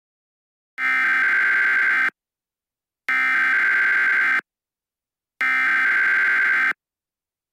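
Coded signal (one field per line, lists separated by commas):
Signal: Emergency Alert System (SAME) tones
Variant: header bursts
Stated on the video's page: Fictional EAS scenario about a Las Vegas fire, a simulated alert.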